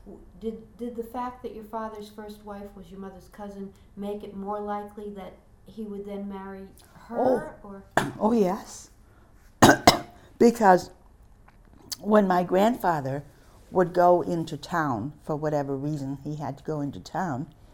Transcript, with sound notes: did the fact that your father's first wife was your mother's cousin make it more likely that he would then marry her? (coughing)
Because when my grandfather would go into town for whatever reason he had to go into town,